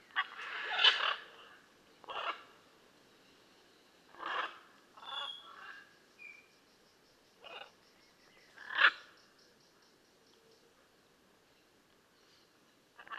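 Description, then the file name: Blue-and-yellow macaw making harsh, scratchy squawks at irregular intervals, with a few softer short notes and quiet gaps between them. "Blue and yellow Macaw Ara ararauna"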